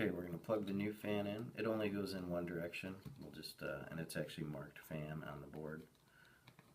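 Someone talks while the new fan's keyed wire connector, which fits only one way, is lined up with the socket marked "fan" on the control board of a Young Living Dewdrop diffuser. The clip ends just before the plug goes home, so nothing has seated or clicked yet.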